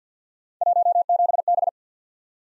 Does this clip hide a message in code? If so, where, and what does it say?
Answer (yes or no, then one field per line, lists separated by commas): yes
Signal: Morse code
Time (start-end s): 0.6-1.7 s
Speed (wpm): 51 wpm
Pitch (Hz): 700 Hz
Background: none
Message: 17B